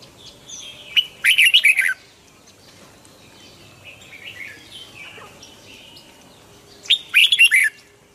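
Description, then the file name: Red-whiskered bulbul singing two bright, jumbled warbling phrases about six seconds apart, with faint softer bird notes in the gap. Hue strain red-whiskered bulbul singing in the "giọng kép" (double-voice) song style. "Tieng chao mao hue hot giong kep"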